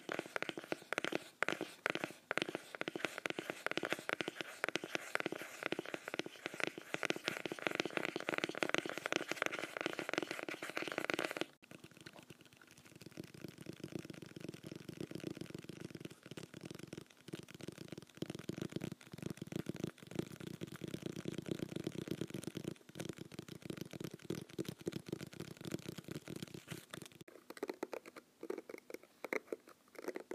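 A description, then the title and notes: Rapid tapping and scratching on a hairbrush's bristles, dense crackly clicks throughout, softening after about twelve seconds, then sparser plucks. Hairbrush ASMR.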